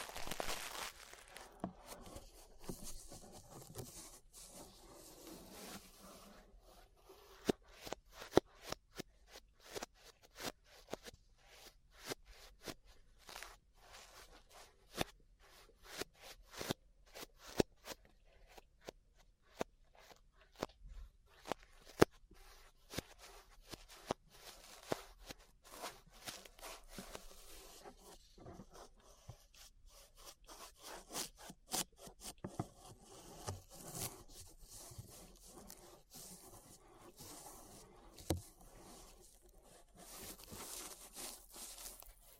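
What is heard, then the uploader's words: Ear brushing, heard as a soft, continuous rubbing and scraping that covers the whole range from low to bright. Sharp crackling ticks and pops come through constantly, busiest between about 7 and 30 seconds. The brushing swells slightly louder near the beginning and end. ASMR Relaxing 3Dio Ear Brushing (No Talking).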